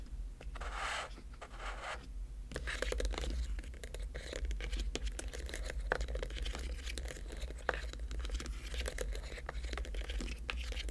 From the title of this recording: tapping, scratching, liquid sounds